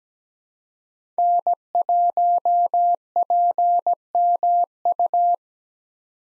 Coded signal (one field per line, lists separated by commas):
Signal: Morse code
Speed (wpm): 17 wpm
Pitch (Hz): 700 Hz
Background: none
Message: N1PMU